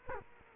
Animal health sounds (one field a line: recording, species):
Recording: mosquito wingbeat signal from an infrared sensor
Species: Culex quinquefasciatus